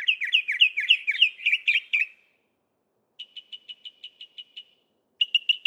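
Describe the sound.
Northern mockingbird song: rapid repeated rising slurred notes for two seconds, a pause, then a quick even train of short clear notes and another burst.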